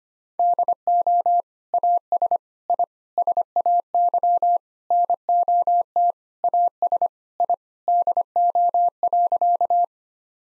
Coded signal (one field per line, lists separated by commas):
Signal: Morse code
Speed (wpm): 25 wpm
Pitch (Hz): 700 Hz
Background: none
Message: DO AS I SAY NOT AS I DO.